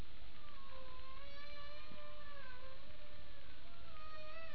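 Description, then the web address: Humpback whale song: long, drawn-out tonal moans with rich harmonics, gently wavering and slowly rising and falling for nearly five seconds over steady low-frequency ocean noise. Humpback whales; 28 April 2009; passive acoustic sensing, HARP data. "Passive Acoustic Sensing Humpbacks In HARPdata 20090428"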